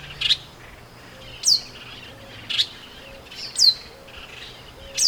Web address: sound Pale-baywing. صدای-پرنده-بال-کهر-کم-رنگ